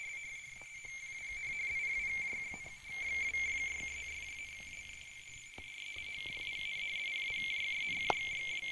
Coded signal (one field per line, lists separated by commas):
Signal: RTTY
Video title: Minimodem Arduino RTTY